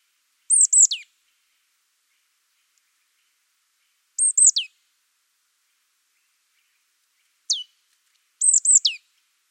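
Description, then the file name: Marsh tit calls, three clear bursts of high, sharp, downslurred notes spaced roughly every four seconds, each a quick tumbling phrase, plus one single note between them; otherwise quiet. "Poecile palustris"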